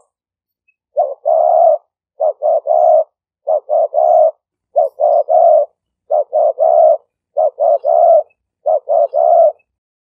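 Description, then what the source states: Spotted dove gives repeated low coo phrases, each two quick short notes and a longer drawn-out coo, about every one and a quarter seconds. Vietnamese cooing style called "5 hậu".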